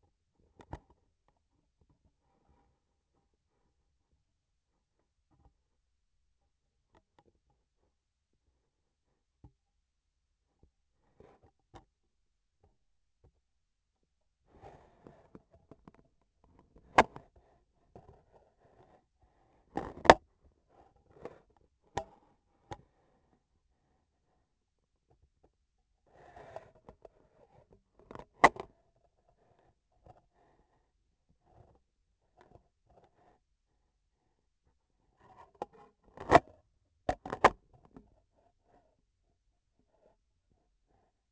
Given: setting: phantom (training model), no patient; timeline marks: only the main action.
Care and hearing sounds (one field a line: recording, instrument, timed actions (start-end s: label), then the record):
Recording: laparoscopic instrument, vibration sensor on the handle end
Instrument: scissors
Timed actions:
19.67-20.27 s: cutting thread
35.94-36.64 s: cutting thread
From the record:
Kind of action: gesture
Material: cotton thread